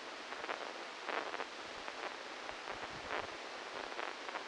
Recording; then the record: brain microelectrode recording played as sound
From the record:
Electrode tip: inside the subthalamic nucleus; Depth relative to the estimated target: -2 mm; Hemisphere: left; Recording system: NeuroSet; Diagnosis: Parkinson's disease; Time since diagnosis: 12 years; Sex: male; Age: 61 years